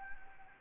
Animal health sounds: mosquito wingbeat signal from an infrared sensor; Anopheles arabiensis

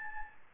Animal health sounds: mosquito wingbeat signal from an infrared sensor; Aedes albopictus

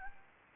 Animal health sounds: mosquito wingbeat signal from an infrared sensor; Anopheles arabiensis

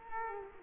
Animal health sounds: mosquito wingbeat signal from an infrared sensor; Culex quinquefasciatus

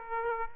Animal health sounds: mosquito wingbeat signal from an infrared sensor; Aedes aegypti

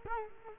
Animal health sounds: mosquito wingbeat signal from an infrared sensor; Culex quinquefasciatus

